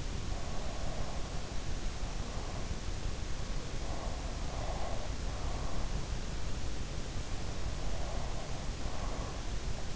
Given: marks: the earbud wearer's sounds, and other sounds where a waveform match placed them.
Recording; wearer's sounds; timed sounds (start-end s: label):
sounds in sleep by an in-ear microphone; breath
0.00-2.78 s: breath
4.01-6.20 s: breath
7.63-9.69 s: breath